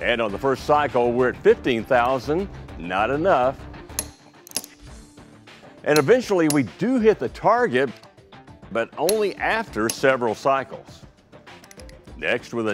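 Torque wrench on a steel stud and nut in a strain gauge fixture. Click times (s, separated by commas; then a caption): 4.0 s, 4.6 s. A torque wrench set to 125 ft-lb is cycled on a steel ARP stud and nut lubricated with motor oil in a strain gauge fixture reading clamp load, aiming for 18,000 lb. Someone talks over background music, and the wrench gives two sharp mechanical clicks at 4.0 and 4.6 seconds. The first cycle reaches only 15,000 lb, and the target is hit only after several cycles.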